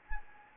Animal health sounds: mosquito wingbeat signal from an infrared sensor; Anopheles gambiae

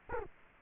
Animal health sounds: mosquito wingbeat signal from an infrared sensor; Culex quinquefasciatus

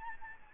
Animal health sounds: mosquito wingbeat signal from an infrared sensor; Aedes albopictus

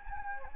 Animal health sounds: mosquito wingbeat signal from an infrared sensor; Anopheles gambiae

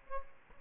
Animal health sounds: mosquito wingbeat signal from an infrared sensor; Aedes aegypti

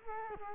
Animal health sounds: mosquito wingbeat signal from an infrared sensor; Culex quinquefasciatus

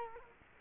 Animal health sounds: mosquito wingbeat signal from an infrared sensor; Culex quinquefasciatus

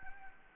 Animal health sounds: mosquito wingbeat signal from an infrared sensor; Anopheles gambiae

